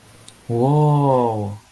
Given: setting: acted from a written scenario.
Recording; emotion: vocal sound without words; awe